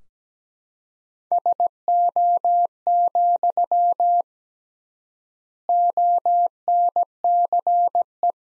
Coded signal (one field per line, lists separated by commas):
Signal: Morse code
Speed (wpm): 17 wpm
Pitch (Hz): 700 Hz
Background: none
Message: SO, ONCE